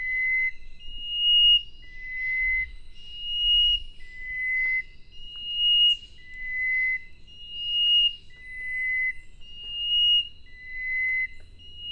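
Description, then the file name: Chestnut-breasted wren song: slow, pure whistled notes alternating between a lower and a higher pitch, each held briefly, over a faint low rumble. "cyphorhinus thoracicus"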